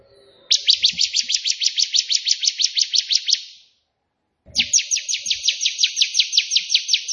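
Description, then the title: Prinia song: long, even trills of rapid buzzy high notes, two runs of several seconds separated by a brief silence. Prenjak putih, three song variations (tembakan) offered as tutor songs (masteran) for training pet prenjak. "3 VARIASI TEMBAKAN prenjak putih ini COCOK untuk masteran prenjak anda"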